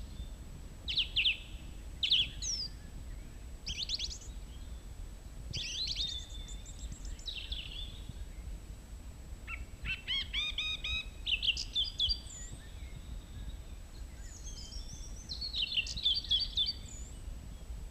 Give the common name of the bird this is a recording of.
Song Thrush